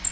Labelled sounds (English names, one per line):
Bay-breasted Warbler flight call